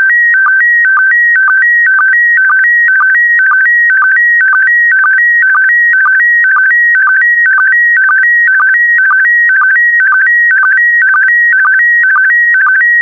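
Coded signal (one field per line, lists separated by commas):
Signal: SSTV (slow-scan television)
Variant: PD120 mode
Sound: warbling tone switching between two pitches, with short low chirps twice a second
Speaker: complete you can now check your decoded image against the picture that is shown on the video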